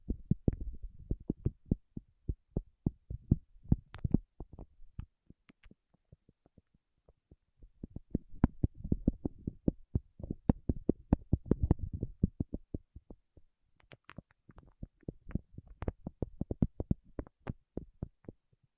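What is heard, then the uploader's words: Fingertips tap on wax in quick, soft, muffled clicks, dense in bursts with a pause near five to seven seconds, resuming busily after. ASMR with Wax Fingertips for Sleep (No Talking).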